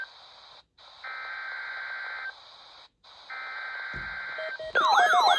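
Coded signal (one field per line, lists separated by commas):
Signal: Emergency Alert System (SAME) tones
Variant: header bursts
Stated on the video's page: Required weekly test on NOAA weather radio station KXI42.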